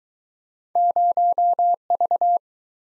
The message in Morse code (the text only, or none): 0V